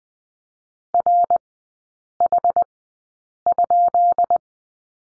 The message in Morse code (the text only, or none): RH?